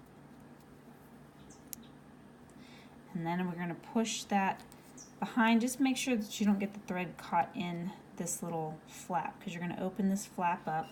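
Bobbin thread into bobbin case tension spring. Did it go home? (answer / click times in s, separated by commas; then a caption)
yes / 1.7 s. Thread is drawn through the first slit of a sewing-machine bobbin case and pulled under the metal tension spring, seating between the two little fingers with a sharp, brief click at 1.7 s. After a quiet stretch, someone talks from about 3 s to the end.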